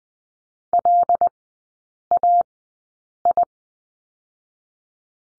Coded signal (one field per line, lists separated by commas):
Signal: Morse code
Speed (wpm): 20 wpm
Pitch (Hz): 700 Hz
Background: none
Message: LAI